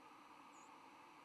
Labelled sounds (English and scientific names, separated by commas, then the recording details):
White-throated Sparrow (Zonotrichia albicollis) flight call
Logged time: 07:53 on 10 November 2014